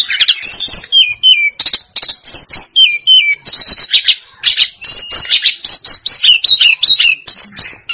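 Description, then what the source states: Snowy-browed flycatcher song: rapid high chips mixed with short descending whistled phrases, several repeated, delivered almost without break. Master recording used to train caged birds.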